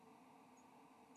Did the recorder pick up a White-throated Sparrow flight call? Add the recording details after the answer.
no. Another species' flight call is heard. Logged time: 05:20 on 7 November 2014